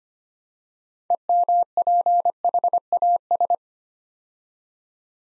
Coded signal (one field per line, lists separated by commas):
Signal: Morse code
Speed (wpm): 25 wpm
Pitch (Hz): 700 Hz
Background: none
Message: EMPHAS